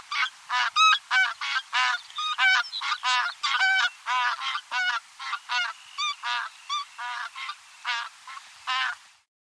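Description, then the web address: Greater white-fronted goose honking: many rapid, high, yelping calls in an uneven stream before stopping. "Uzbek hayvonlar. Anser albifrons"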